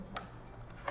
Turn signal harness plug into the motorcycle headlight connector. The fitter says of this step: just like that, and push it all the way in until it clicks, and then you can push down the red tab and secure it.